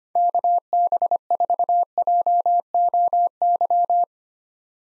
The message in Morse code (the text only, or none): KB4JOY